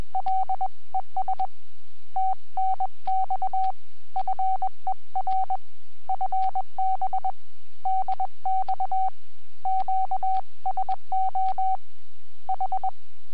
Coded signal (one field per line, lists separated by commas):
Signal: Morse code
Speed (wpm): 21 wpm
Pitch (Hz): 760 Hz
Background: none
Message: LES TNX FER FB DX QSO H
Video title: Webcam video from 20 January 2015 at 08:10 (UTC)..G0NXA,,30M CW QSO